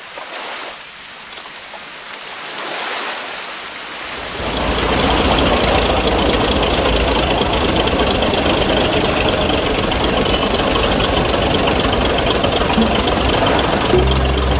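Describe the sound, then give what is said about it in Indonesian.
The engine of a passenger boat at sea at night starts up after a few seconds of quieter rumbling and settles into a steady, loud idle, a broad continuous drone with a low chugging undertone and no voices. “Asik kan naik perahu malam-malam?”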